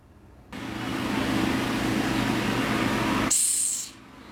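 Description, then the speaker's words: Madagascar hissing cockroach hiss: a long, steady, broad, airy hiss ending with a brief high-pitched whine. Played on the radio; it hisses. "Yeah. The Madagascar hissing cockroach. You want to have a listen to it, Tom?"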